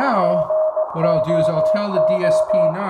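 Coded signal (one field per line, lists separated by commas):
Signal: Morse code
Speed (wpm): 18 wpm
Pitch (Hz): 620 Hz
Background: speech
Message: GOO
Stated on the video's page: Older rig's CW heard through a Timewave DSP audio filter.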